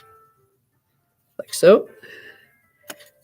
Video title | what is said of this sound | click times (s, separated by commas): meet the metropolitan my first prototype | I should just click in place like | 2.9 s